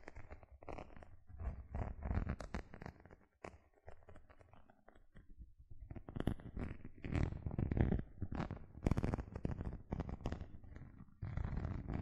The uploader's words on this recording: ASMR 6 Tingly Gentle Scratching Sounds (No Talking).